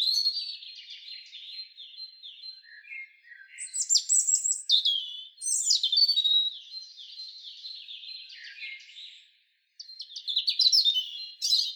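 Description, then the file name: European robin song of rapid, high warbling phrases with sudden loud bright bursts and trills, separated by brief pauses. "Erithacus rubecula"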